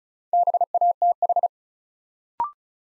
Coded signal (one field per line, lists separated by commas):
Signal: Morse code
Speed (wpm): 36 wpm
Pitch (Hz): 700 Hz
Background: none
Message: BATH